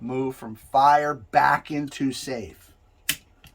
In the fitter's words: i tell people you're going to hear a good solid click when it's hooked on and you're going to see